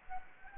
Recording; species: mosquito wingbeat signal from an infrared sensor; Anopheles gambiae